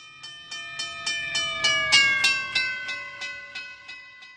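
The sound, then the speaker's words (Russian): A number 9 tram rolls along the rails over a bridge with a steady, high electric whine and rhythmic clacks about three times a second, swelling in loudness midway and then gradually easing off. “Особенно, если ты сидишь в трамвае номер 9.”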